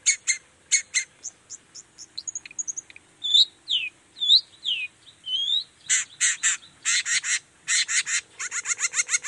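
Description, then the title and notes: Long-tailed shrike song: a varied medley of chirps, slurred whistles and harsh buzzy bursts, ending in fast repeated notes. Singing actively in the morning, with 'toet toet' sound variations and opening its repertoire; said to make other shrikes respond. "Cendet Gacor Dor Di Kala Pagi Toet Toet Variasi Suara. Cendet Gacor Pagi Hari. Burung cendet"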